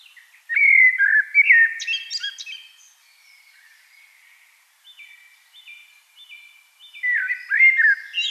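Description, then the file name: Eurasian blackbird sings a loud warbled phrase with fluty slurs and a twittering end, then a quieter stretch of repeated thin whistles, then another rich phrase. "Turdus merula"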